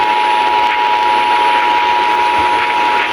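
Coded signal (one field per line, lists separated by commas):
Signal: Emergency Alert System (SAME) tones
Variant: 853 and 960 Hz attention tone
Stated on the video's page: Tennessee Required Monthly Test received on WLAC-AM and WSM-AM.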